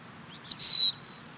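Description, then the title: Bird giving a single high, steady whistled note lasting about a third of a second, preceded by a brief short note, over a faint low background hiss. "LuckyPassaro Completos2Sama"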